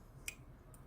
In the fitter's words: a nice solid click when it gets to that position